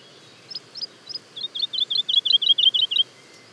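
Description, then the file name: Woodlark song: a few sharp high notes, then a run of liquid, falling whistled notes that grows louder, over a quiet background hiss. Daytime song and duet, recorded at Le Puech, France. "alouette lulu chant de jour et duett Le Puech F"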